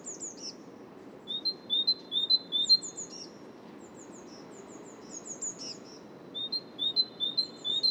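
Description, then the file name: Great tit singing bursts of quick two-note phrases, pausing between runs, while another bird adds thin high twittering notes. "Great Tit Parus major"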